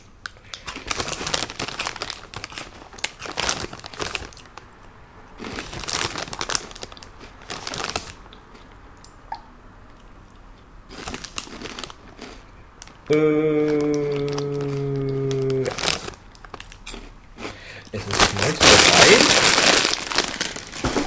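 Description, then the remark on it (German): A bag of crisps (Flips) is crinkled and crumpled into a microphone in loud, irregular bursts of rustling, with a short spoken voice breaking in partway through before the crackling resumes, loudest near the end. “knistert die Chipspackung ins Mikrofon.”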